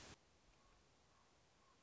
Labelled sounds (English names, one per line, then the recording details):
Common Raven
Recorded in Sonoma County, California